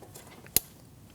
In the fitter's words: Audible click.